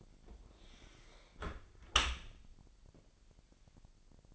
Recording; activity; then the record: daily activity, microphone in the room; close dishwasher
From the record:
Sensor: 5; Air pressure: 1000.7 hPa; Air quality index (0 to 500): 247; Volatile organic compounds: 34 ppm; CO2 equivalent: 3040 ppm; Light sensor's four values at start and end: 31/71/28/27 and 31/70/28/26